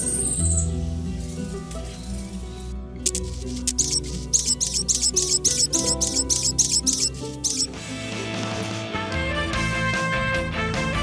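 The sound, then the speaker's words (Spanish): A hummingbird chirps in a quick run of sharp, high-pitched, evenly spaced peeps lasting several seconds, heard over steady background music that carries on before and after. “Escuchábamos ahí el primer spot acerca de las aves de la ciudad, donde nos hablan sobre el picaflor.”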